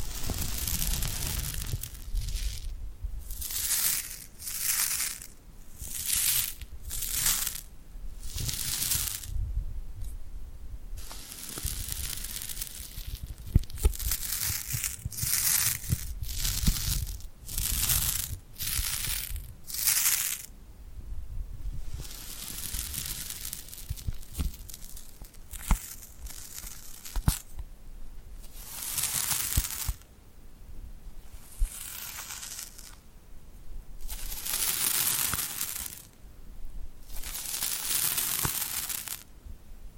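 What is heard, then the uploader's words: Glued hands pulled apart, with rapid sticky crackles and peeling bursts recurring every second or so, over a low rumble. ASMR Tingly Glued Hand Sounds for Sleep (No Talking).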